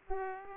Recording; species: mosquito wingbeat signal from an infrared sensor; Aedes aegypti